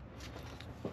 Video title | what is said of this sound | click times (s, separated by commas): L83 Silverado gets DSX Flex fuel e85 kit ***Mild to wild series part 4*** | Alright, it clicked. Let's double check again. | 0.6 s